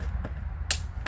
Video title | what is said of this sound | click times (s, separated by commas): Installing Noble F1 Brake Light On My 2022 Subaru WRX! | push it into it you hear that click you heard that click that's that's what you need | 0.7 s